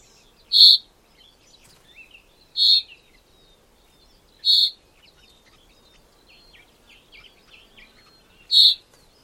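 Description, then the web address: Common chaffinch calling with four crisp, ringing single notes, the first three about two seconds apart, with a few faint chirps between them in a quiet setting. "Deverinetal 2025 File origin Bird Only Fr Co"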